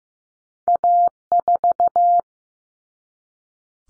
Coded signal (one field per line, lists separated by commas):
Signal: Morse code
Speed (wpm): 15 wpm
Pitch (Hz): 700 Hz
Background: none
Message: A4